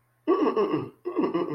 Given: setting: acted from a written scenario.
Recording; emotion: vocal sound without words; disgust